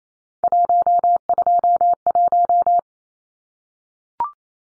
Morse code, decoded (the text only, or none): 121